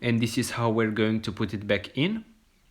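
A bulb holder assembly is being handled for refitting into the climate control panel of a VW Golf Mk 4 / Bora / Octavia Mk 1, at position 2. Someone talks throughout, and the clip ends just before the holder goes home, so nothing has seated or clicked yet.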